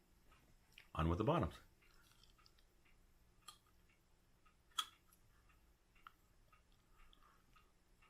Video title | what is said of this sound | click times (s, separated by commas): The Marathon Journey Toward a New Smile with Smilelove.com 01 | Big clicks there. | 4.8 s